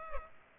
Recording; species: mosquito wingbeat signal from an infrared sensor; Culex pipiens